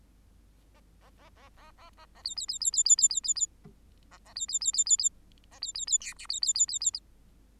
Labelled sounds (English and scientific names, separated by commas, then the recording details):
Bengalese Finch (Lonchura striata domestica) song
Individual Bird8